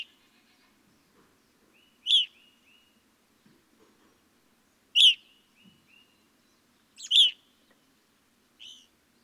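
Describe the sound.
Evening grosbeak giving clear ringing chirps every few seconds, a faint whistled tone lingering after some calls, quiet background.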